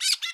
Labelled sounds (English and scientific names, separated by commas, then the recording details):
Brown-throated Parakeet (Eupsittula pertinax) contact call
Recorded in Bonaire
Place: 1 km N of power plant, rd to Republiek
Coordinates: 12.184, -68.285